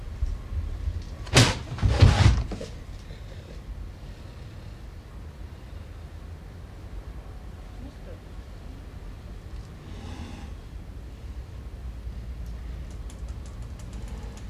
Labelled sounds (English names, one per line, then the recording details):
Cheetah growling
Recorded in captivity
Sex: female
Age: adult
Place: Zoo Leipzig, Sachsen, DE
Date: 1977-09-14
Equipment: Nagra SN, Kopie Uher Variocord
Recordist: Tembrock, Günter